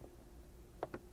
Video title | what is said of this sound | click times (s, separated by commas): RAV4 ROOF RACK INSTALL | once you hear that click you can just kind of pull that straight out | 0.8 s